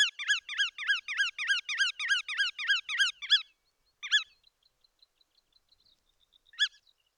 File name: Bar tailed Godwit